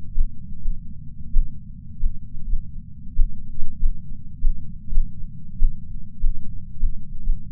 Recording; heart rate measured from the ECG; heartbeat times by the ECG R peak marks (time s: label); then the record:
heart sounds by patch sensor on the chest; 102 bpm
0.13 s: heartbeat
0.56 s: heartbeat
1.32 s: heartbeat
1.99 s: heartbeat
2.43 s: heartbeat
3.15 s: heartbeat
3.78 s: heartbeat
4.39 s: heartbeat
4.88 s: heartbeat
5.58 s: heartbeat
6.19 s: heartbeat
6.78 s: heartbeat
7.19 s: heartbeat
From the record:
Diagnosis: coronary artery disease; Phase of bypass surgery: intraoperative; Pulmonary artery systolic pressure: 28 mmHg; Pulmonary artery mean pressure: 20 mmHg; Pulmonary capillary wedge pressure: 13 mmHg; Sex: male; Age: 57 years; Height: 172 cm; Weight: 86 kg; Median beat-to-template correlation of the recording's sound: 0.92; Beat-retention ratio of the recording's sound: 0.99